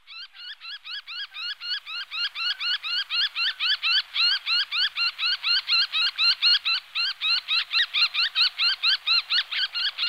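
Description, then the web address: Tiger shrike harsh calls, a steady, rapid series of rasping upswept notes, evenly spaced throughout. "lanius tigrinus"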